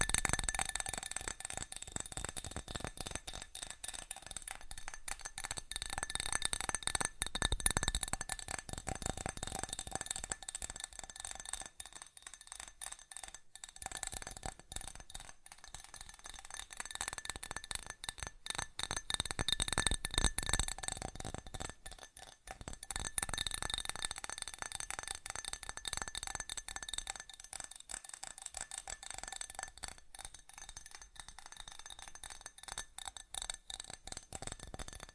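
Fast tapping runs through the whole clip as a dense stream of quick, sharp, bright clicks with a glassy, clinking edge. The pace stays rapid throughout, while the loudness swells and dips in waves, peaking around 8 and 20 seconds and dropping briefly near 22 seconds.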